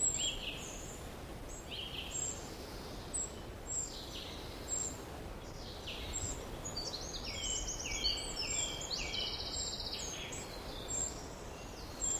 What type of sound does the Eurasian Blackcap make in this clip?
song